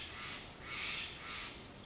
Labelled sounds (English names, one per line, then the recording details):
Steller's Jay
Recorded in Sonoma County, California